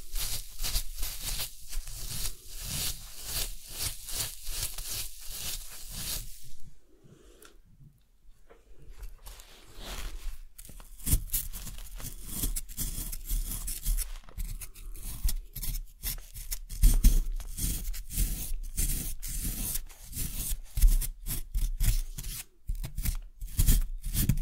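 Scraping and scratching from an excavation kit, dense repeated strokes with crunchy, gritty bursts, pausing briefly around seven seconds before resuming more sharply.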